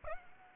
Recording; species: mosquito wingbeat signal from an infrared sensor; Aedes aegypti